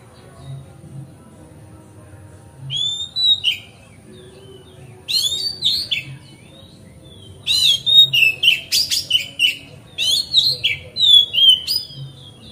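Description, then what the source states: Oriental magpie-robin song in rich repeated bursts of mixed whistles and scratchy notes, growing busier toward the end. Song tutoring (masteran) recording, made on a terrace.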